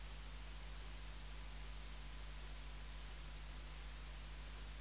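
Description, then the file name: Saddle-backed bush-cricket giving sharp, high-pitched double-pulsed chirps at a regular pace, seven in under five seconds, with steady low hum behind. "Ephippiger cruciger"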